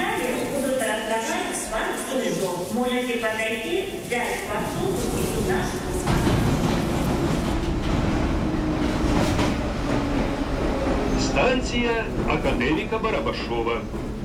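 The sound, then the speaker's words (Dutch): Ambience at Barabasova metro station: voices chatter at first, then a passing train's loud, steady rumble and rattling roar fills the space for several seconds while people keep talking over it. “Ik moet je even iets vertellen over dat metrostation, Barabasova.”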